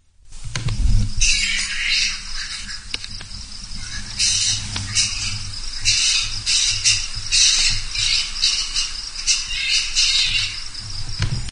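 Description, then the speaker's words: Grey-headed flying fox aggressive calls: continuous harsh, scratchy chattering and squabbling screeches that rise and fall in loudness. Australian species; played as an example of vocalizations made during aggressive interactions, such as growling and louder calls. "So this is a vocalization of a gray-headed flying fox."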